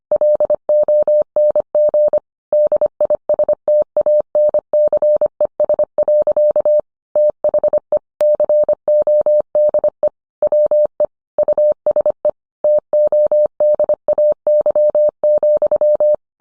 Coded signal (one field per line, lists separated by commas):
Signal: Morse code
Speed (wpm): 25 wpm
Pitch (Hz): 600 Hz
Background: none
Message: LONG DISTANCES. THE CODE WE USE TODAY,